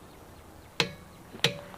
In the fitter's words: and we all tighten them until they click